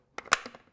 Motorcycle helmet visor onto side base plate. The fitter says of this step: it clicks into place like so